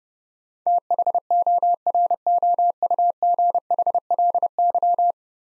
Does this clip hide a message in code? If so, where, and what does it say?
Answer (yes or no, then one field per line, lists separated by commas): yes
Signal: Morse code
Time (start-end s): 0.7-5.1 s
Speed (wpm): 30 wpm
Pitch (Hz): 700 Hz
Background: none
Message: THOROUGHLY